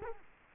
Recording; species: mosquito wingbeat signal from an infrared sensor; Culex quinquefasciatus